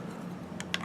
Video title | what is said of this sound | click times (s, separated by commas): Table Top Owner Review Midland GXT1000 FRS/GMRS Walkie Talkie | that slides on locks into place strong belt clip I'll | 0.7 s